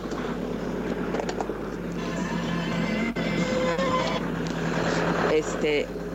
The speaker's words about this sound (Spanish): Lo que pasa es que aquí está muy frío, entonces ya tengo que encender el carro para calentarlo.